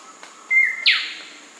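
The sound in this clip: Black-sided robin call: a clear whistle held briefly and dipping slightly, then a loud harsh downward-sweeping buzzy note, once, against a faint steady hiss.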